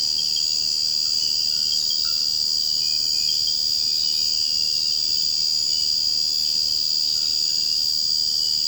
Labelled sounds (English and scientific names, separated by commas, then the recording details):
none
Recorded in secondary vegetation near Puerto Asís, Putumayo, Colombia, on 21 March 2025 at 03:30
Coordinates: 0.502, -76.326
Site G100